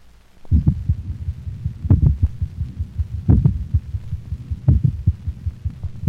The lower frequency atrial sounds occurring between the louder but slower ventricular contractions of complete heart block.